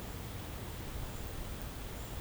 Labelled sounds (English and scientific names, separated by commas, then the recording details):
none
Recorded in pastures near Puerto Asís, Putumayo, Colombia, on 19 March 2025 at 11:00
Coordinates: 0.472, -76.329
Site G074